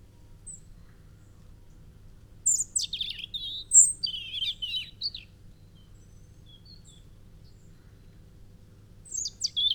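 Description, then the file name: European robin delivering a scratchy, jumbled warble of high twittering notes lasting about three seconds, silence, then a brief high twitter starting again at the end. "Erithacus rubecula"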